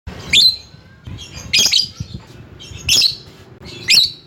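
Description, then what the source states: Lovebird calls: four harsh, shrill squawks, evenly spaced about one second apart, with low background noise between them. Lovebird calling a rival.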